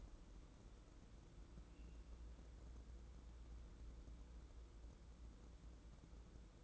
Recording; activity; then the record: daily activity, microphone in the room; wipe stove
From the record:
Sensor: 3